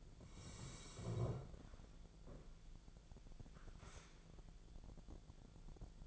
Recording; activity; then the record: daily activity, microphone in the room; sit down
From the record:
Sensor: 5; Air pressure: 1000.5 hPa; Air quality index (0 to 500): 145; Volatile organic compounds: 2 ppm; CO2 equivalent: 1121 ppm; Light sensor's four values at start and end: 48/111/46/49 and 47/111/46/49